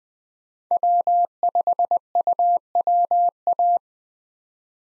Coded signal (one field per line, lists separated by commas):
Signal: Morse code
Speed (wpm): 20 wpm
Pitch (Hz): 700 Hz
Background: none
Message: W5UWA